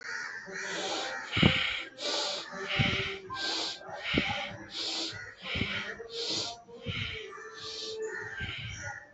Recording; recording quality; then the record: shallow breathing; excellent, no background noise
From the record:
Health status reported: healthy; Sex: male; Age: 26 years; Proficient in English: yes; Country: India